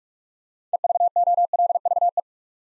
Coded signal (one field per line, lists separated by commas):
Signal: Morse code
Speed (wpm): 44 wpm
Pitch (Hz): 700 Hz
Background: none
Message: EVOLVE